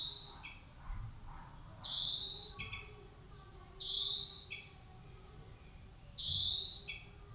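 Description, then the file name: European greenfinch giving four rising buzzy wheezes spaced about two seconds apart, each followed by a couple of short lower notes. "Chloris chloris"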